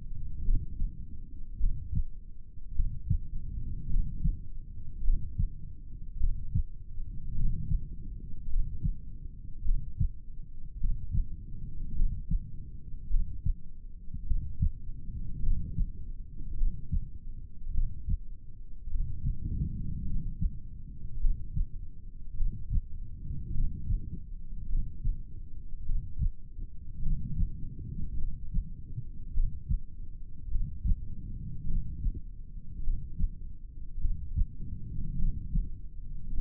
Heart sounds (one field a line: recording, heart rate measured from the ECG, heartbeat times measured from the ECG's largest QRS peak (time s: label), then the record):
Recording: heart sounds by stethoscope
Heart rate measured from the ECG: 52 bpm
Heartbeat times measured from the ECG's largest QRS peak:
0.45 s: heartbeat
1.60 s: heartbeat
2.75 s: heartbeat
3.90 s: heartbeat
5.04 s: heartbeat
6.20 s: heartbeat
7.36 s: heartbeat
8.50 s: heartbeat
9.65 s: heartbeat
10.81 s: heartbeat
11.96 s: heartbeat
13.11 s: heartbeat
14.27 s: heartbeat
15.43 s: heartbeat
16.58 s: heartbeat
17.74 s: heartbeat
18.91 s: heartbeat
20.07 s: heartbeat
21.21 s: heartbeat
22.38 s: heartbeat
23.54 s: heartbeat
24.69 s: heartbeat
25.86 s: heartbeat
27.03 s: heartbeat
28.19 s: heartbeat
29.35 s: heartbeat
30.52 s: heartbeat
31.68 s: heartbeat
32.84 s: heartbeat
34.01 s: heartbeat
35.19 s: heartbeat
36.34 s: heartbeat
From the record:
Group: heart failure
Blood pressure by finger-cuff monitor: 94/46 mmHg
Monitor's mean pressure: 59 mmHg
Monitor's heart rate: 52 bpm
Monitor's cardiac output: 4.6 L/min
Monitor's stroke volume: 89 mL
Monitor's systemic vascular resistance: 890 dyn s/cm5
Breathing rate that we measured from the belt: 15 breaths a minute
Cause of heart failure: cardiac sarcoid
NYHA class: 1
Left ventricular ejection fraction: 39%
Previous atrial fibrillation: present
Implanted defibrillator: present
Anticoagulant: apixaban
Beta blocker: carvedilol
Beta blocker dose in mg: 50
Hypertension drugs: ramipril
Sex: male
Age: 79 years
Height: 184 cm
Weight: 92.5 kg